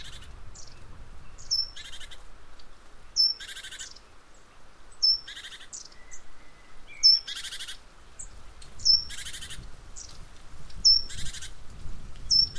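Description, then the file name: Great tit calls: high clipped notes, each followed by a rasping buzz, repeated several times over a low rumble. "Parus major"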